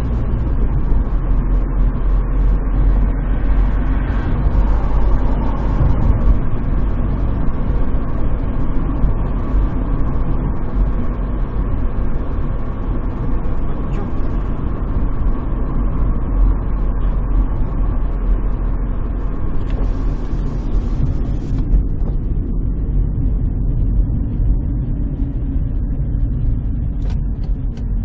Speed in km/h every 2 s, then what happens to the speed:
47, 51, 53, 53, 53, 52, 51, 47, 46, 43, 39, 33, 26, 20.
0-3 speeds up to 53. 3-12 steady at about 53. 12-28 slows to 20.